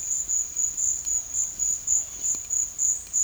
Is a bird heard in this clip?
no